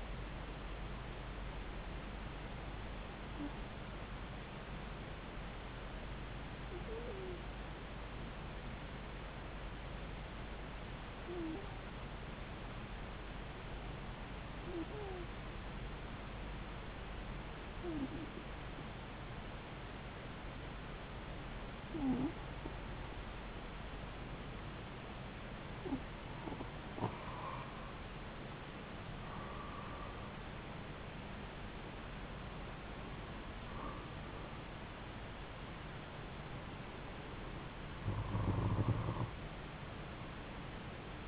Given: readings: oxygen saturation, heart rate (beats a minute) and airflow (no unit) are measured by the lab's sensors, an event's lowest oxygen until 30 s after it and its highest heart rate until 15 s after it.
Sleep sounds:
breathing in sleep by a voice recorder at the bedside; 1
5.00-36.80 s: hypopnea (N2, oxygen 96% highest, then 92% lowest)
From the record:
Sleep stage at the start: N2 (light sleep); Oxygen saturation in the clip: 92 to 96%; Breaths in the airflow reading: 10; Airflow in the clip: -4.2 to 4.8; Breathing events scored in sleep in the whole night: 270 in 6.1 hours asleep

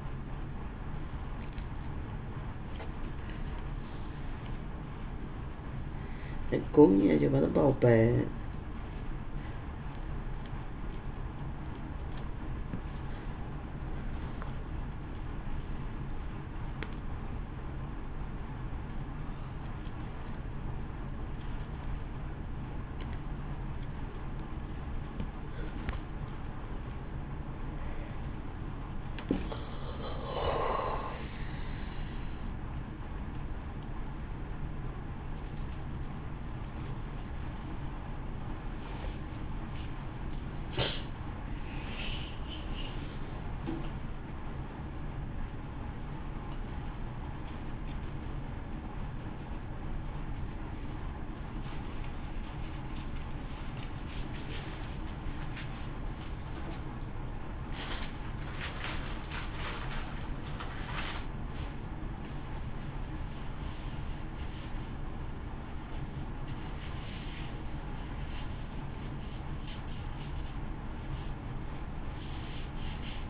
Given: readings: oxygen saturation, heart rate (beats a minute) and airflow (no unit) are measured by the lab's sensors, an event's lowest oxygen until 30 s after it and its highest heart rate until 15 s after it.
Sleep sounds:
a person awake in a sleep study, by a smartphone at the bedside; none
0.00-73.29 s: awake
0.00-73.29 s: awake
From the record:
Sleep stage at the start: awake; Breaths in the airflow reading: 23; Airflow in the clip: -0.7 to 0.7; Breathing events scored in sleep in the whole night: 328 in 6.3 hours asleep

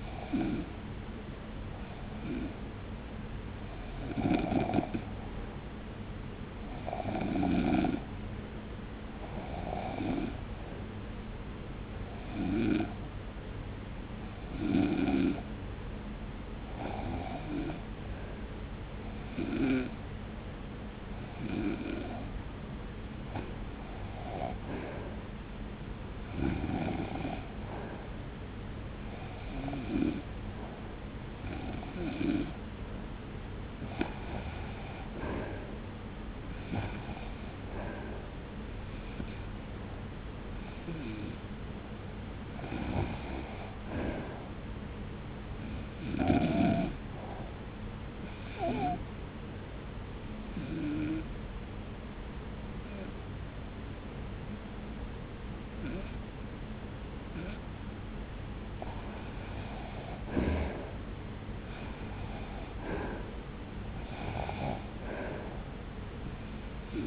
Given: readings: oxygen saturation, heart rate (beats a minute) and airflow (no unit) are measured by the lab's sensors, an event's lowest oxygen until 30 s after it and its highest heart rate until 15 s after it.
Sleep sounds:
breathing in sleep by a voice recorder at the bedside; 2
4.00-21.60 s: hypopnea (REM, oxygen 91% highest, then 87% lowest)
48.00-62.60 s: hypopnea (REM, oxygen 92% highest, then 88% lowest)
From the record:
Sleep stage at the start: REM sleep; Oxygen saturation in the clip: 87 to 92%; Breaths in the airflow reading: 25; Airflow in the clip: -1.0 to 1.6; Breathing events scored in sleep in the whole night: 335 in 6.7 hours asleep

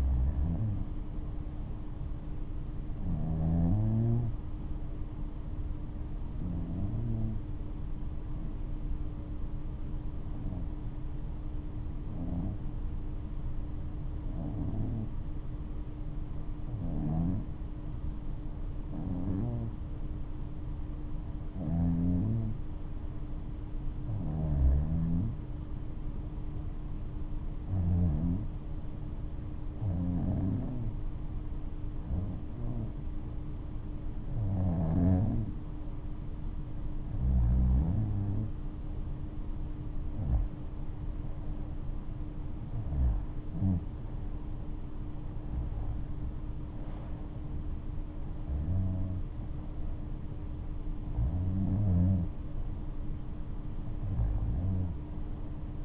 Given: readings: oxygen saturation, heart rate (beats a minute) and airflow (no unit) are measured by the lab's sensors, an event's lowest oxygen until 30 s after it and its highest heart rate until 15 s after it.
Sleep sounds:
breathing in sleep by a smartphone at the bedside; 1
7.00-38.10 s: hypopnea (REM, oxygen 95% highest, then 90% lowest, heart rate 71 at the start, 75 highest)
From the record:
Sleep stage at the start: REM sleep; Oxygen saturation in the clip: 90 to 95%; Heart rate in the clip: 60 to 75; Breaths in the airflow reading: 22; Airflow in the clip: -8.4 to 7.7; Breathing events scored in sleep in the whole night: 228 in 5.4 hours asleep

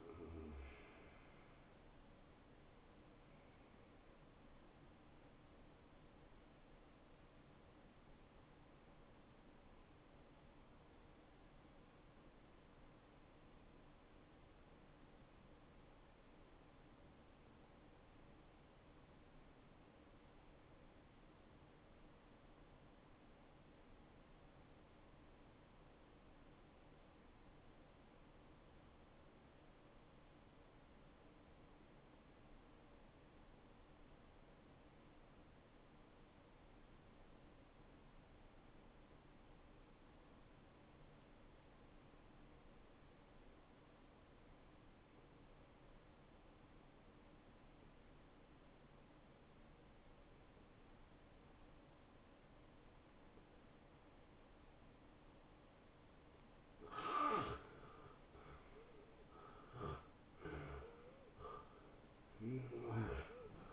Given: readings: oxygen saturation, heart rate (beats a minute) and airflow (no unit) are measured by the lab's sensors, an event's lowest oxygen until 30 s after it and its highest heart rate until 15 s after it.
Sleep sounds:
breathing in sleep by a voice recorder at the bedside; 1
12.00-57.00 s: obstructive apnea (N1, oxygen 95% highest, then 80% lowest, heart rate 68 at the start, 79 highest)
From the record:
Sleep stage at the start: N1 (lightest sleep); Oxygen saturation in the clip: 78 to 95%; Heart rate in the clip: 56 to 85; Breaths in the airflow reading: 5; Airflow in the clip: -13.7 to 8.1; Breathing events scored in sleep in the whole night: 263 in 5.5 hours asleep

